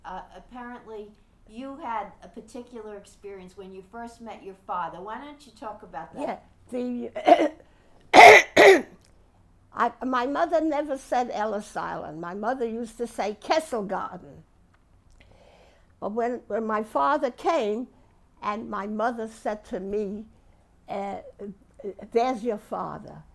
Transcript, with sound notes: Apparently you had a particular experience when you first met your father. Why don't you talk about that? (clears throat)
My mother never said Ellis Island. My mother used to say Castle Garden. When my father came, and my mother said to me, "there's your father."